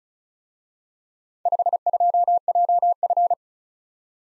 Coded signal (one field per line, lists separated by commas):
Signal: Morse code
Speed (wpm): 39 wpm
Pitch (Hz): 700 Hz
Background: none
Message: 52JF